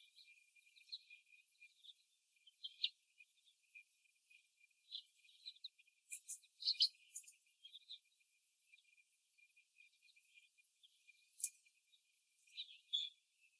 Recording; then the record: young laying hens in a cage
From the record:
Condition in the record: before the stressor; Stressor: simulated dog barking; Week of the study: 1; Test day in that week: 1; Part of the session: 2